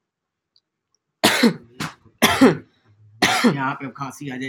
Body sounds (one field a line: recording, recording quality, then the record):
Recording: heavy voluntary cough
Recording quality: moderate, slight background noise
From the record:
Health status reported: healthy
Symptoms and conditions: cough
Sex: male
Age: 18 years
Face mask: not worn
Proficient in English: yes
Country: India